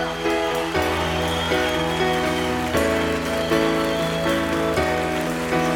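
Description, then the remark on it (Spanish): A crowd applauds the orchestra's choir section steadily and loudly while music plays underneath, sustained chords shifting every couple of seconds beneath the dense, even clatter of clapping. “Ya sé que pido muchos, pero por favor un fuerte, fuerte aplauso para la sección de coros de la orquesta.”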